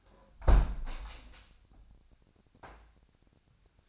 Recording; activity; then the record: daily activity, microphone in the room; close window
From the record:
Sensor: 2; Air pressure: 997.8 hPa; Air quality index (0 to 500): 127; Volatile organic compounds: 3 ppm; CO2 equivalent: 1431 ppm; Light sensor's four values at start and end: 11/32/13/12 and 11/32/13/12